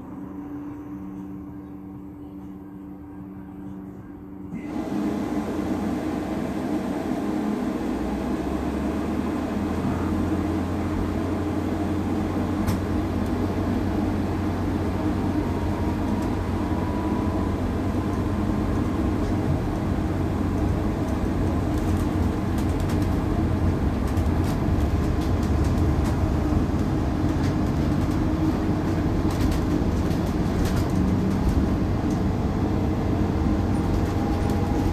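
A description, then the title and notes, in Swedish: A bus ride: after a quieter start, the engine kicks in around five seconds and a steady low rumble continues with faint rattles throughout. Lyssna in Min Bussresa - Lunchtid klockan 11:29.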